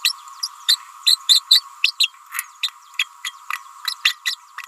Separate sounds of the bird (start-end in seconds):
0.03-0.13, 0.42-0.48, 0.68-0.79, 1.05-1.17, 1.28-1.42, 1.50-1.64, 1.83-1.92, 1.99-2.07, 2.62-2.68, 2.98-3.05, 3.23-3.31, 3.87-3.96, 4.04-4.14, 4.25-4.35